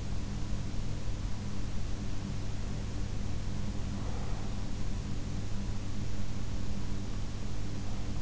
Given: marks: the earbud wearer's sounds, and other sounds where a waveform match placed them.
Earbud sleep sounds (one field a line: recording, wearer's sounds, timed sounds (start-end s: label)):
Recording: sounds in sleep by an in-ear microphone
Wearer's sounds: breath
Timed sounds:
3.65-5.20 s: breath